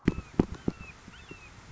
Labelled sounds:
Red-shouldered Hawk (Buteo lineatus)

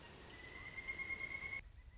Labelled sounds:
Pileated Woodpecker (Dryocopus pileatus)

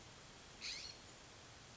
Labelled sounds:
California Scrub-Jay (Aphelocoma californica)

